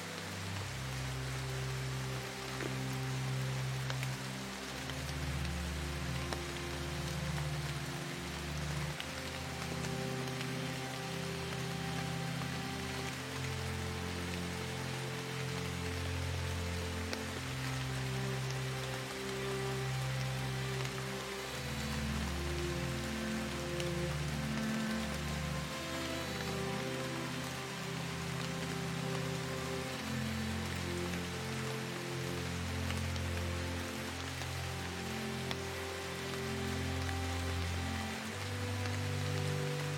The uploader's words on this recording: SLEEP with MUSIC and RAINDROP on Foliage. The sound of raindrop on the foliage.